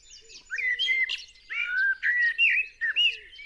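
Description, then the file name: Common blackbird singing a rich run of fluted, warbled notes in quick succession. "Turdus merula"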